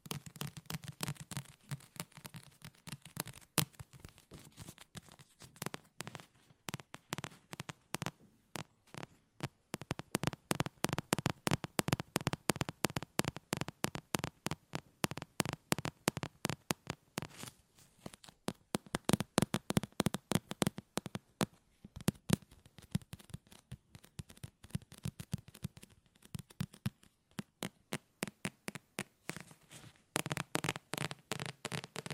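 Fast fingernail tapping with no talking, a dense stream of sharp clicks that runs nearly throughout. The pace comes in bursts, quickening into rapid runs around ten seconds and again near twenty, with brief thinner pauses between, and a faint low hum underneath.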